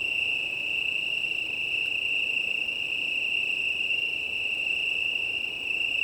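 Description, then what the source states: Italian tree crickets sing together in an even, ringing trill that never breaks, accompanied by light wind noise. Chorus of many Italian tree crickets, 18 September 2019, 20:35, early night, Plateau de Lesches en Diois, Drôme, France; windy; recorded on a Nomad six-track recorder with MKH8020 microphones.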